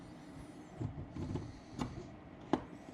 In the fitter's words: yep okay so I just heard that one click